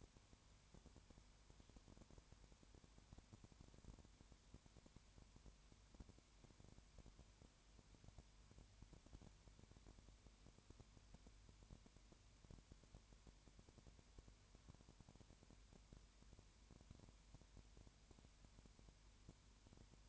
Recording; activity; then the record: daily activity, microphone in the room; no activity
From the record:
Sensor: 2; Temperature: 20.3 degrees Celsius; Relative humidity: 33.7%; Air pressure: 1003.1 hPa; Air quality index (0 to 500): 82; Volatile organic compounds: 1 ppm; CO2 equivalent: 785 ppm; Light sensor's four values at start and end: 2/3/2/2 and 2/3/2/2